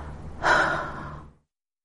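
A single sudden, breathy gasp fading over a second, imitated by a nurse: the agonal gasping of a dying patient near death, which sometimes comes when dying takes long.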